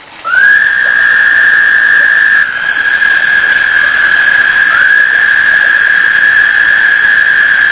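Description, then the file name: Toad giving a long, even, high trill that starts with a brief upward slide; the trill shifts slightly partway through, and a new one rises in near five seconds. Recorded 1 May 2007. "20070501 batesline toads"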